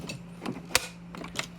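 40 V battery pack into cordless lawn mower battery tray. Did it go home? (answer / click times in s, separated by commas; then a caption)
yes / 0.8 s. A plastic-cased 40 V lithium-ion battery pack, its bottom-edge groove lined up with the slot in the battery tray of an Oregon LM300 40 V cordless lawn mower, is pushed down into the tray over a low steady hum and a few soft knocks. A sharp click at 0.8 s shows the pack has seated home in the tray, followed by a smaller click at 1.4 s.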